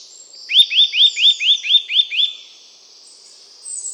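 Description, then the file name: Eurasian nuthatch calling: a quick run of eight clear rising whistled notes, over faint high twittering from other birds. "Sitta europaea"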